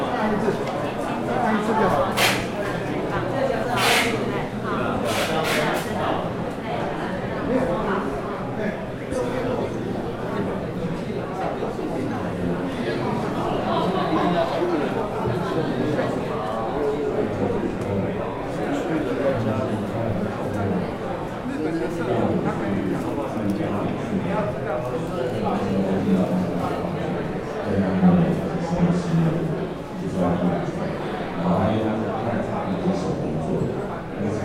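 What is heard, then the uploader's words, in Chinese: At a Taipei tea market, many overlapping voices form a dense, steady murmur of chatter for the whole stretch. A few sharp, bright clinks ring out in the first six seconds, and a man's voice rises briefly above the crowd near the end. 台北茶之市_松山菸廠。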